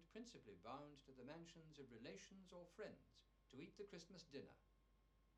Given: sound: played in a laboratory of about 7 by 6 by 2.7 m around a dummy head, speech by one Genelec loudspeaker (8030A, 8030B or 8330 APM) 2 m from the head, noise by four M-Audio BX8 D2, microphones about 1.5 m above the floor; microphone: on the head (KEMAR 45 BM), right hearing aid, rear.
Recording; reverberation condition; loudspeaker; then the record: male speech in English; low; 150 degrees to the right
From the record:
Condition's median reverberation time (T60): about 310 ms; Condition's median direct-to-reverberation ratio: about 3.5 dB